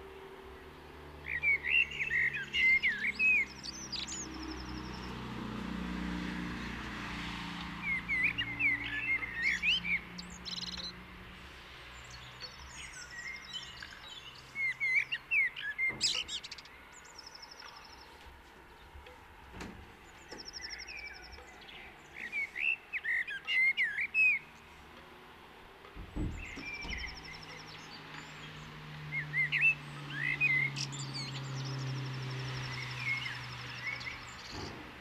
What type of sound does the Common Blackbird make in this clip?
song